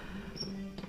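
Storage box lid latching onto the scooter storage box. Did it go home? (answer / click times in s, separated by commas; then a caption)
yes / 0.8 s. The storage box lid on a restored, modified 25-year-old Bajaj Chetak scooter is closed and pressed lightly until it locks. A single sharp click is heard at 0.8 s over a steady background hum. The lid latch locks onto the storage box.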